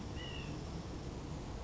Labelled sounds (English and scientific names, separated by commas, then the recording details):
White-breasted Nuthatch (Sitta carolinensis)
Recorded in Sonoma County, California